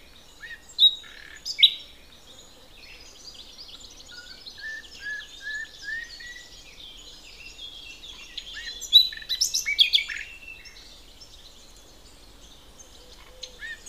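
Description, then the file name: Common nightingale song: sharp opening notes, a run of repeated soft whistles, then a loud burst of varied chattering phrases. "Luscinia megarhynchos"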